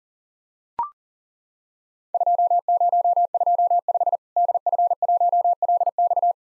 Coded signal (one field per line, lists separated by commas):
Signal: Morse code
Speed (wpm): 40 wpm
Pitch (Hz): 700 Hz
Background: none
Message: 2025 DF1LX